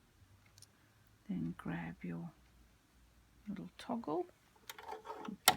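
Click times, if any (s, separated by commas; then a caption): 5.5 s. A metal bobbin case, held by its small toggle (latch lever), is pushed into the hook race of a Queen Deluxe 222 sewing machine while someone talks. A few faint ticks sound, then a sharp, loud metallic click at 5.5 s as the case seats, and the toggle is released.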